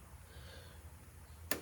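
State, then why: Seated. A plastic vacuum line is pressed into a small plastic retaining holder clip on the engine of a 2014 Chevy Cruze 1.4L turbo during a water pump replacement. After a quiet low hum, a single sharp snap sounds at 1.5 seconds as the line seats firmly in the holder.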